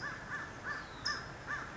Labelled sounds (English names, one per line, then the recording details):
California Towhee
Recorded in Sonoma County, California